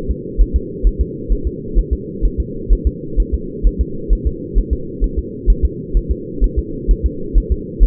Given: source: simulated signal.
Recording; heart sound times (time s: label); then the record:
fetal heart sounds
0.11 s: S2
0.42 s: S1
0.56 s: S2
0.87 s: S1
1.01 s: S2
1.32 s: S1
1.47 s: S2
1.79 s: S1
1.93 s: S2
2.25 s: S1
2.40 s: S2
2.73 s: S1
2.87 s: S2
3.20 s: S1
3.34 s: S2
3.67 s: S1
3.81 s: S2
4.13 s: S1
4.27 s: S2
4.58 s: S1
4.73 s: S2
5.04 s: S1
5.19 s: S2
5.50 s: S1
5.65 s: S2
5.97 s: S1
6.11 s: S2
6.44 s: S1
6.59 s: S2
6.91 s: S1
7.06 s: S2
7.38 s: S1
7.52 s: S2
7.83 s: S1
From the record:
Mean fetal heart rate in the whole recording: 130 bpm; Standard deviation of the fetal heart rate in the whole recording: 2 bpm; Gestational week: 36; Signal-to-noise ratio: -4.3 dB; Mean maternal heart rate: 72 bpm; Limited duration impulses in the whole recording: absent